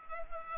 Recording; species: mosquito wingbeat signal from an infrared sensor; Culex pipiens